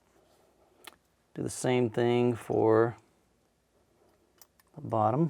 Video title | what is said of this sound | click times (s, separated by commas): BEST 4K Video Editing PC Build on a $2500 Budget - Ryzen 3900X - NVIDA GeForce RTX 2070 Super | Push it all the way in until it clicks. | 0.9 s